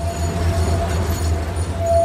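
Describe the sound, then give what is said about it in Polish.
A tram in Kraków rolls along its rails with a steady, heavy low rumble and a thin, constant electric whine above it, continuous for the whole stretch with no voices. “Japończyk w Krakowie te zdjęcia robi dla piękna naszych krakowskich maszyn w ruchu.”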